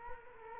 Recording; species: mosquito wingbeat signal from an infrared sensor; Culex quinquefasciatus